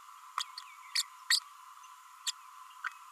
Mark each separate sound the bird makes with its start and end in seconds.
0.39-0.43, 0.95-1.02, 1.30-1.39, 2.26-2.31, 2.84-2.89